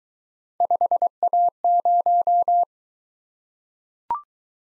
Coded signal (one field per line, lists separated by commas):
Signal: Morse code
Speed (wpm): 22 wpm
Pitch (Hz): 700 Hz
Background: none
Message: 5A0